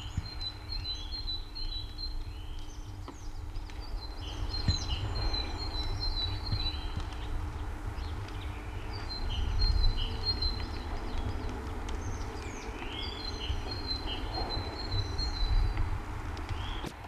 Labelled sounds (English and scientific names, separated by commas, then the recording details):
Great Tit (Parus major) song
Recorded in the wild
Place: Kaiserslautern, Rheinland-Pfalz, DE
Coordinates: 49.3933, 7.74667
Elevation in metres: 323
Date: 1972-03-09
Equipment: Uher 4000 Report, AKG D 24, Parabolreflektor
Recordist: Tretzel, Erwin
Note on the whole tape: Waldeck auf halber Strecke nach Trippstadt, Kaiserslautern: Gesang "zizibe"